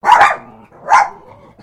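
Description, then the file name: Chihuahua barking: two sharp, high-pitched yaps under a second apart, each followed by a brief fading tail. Several Chihuahuas barking, Newcastle. "DOGS CHIHUAHUAS NEWCASTLE"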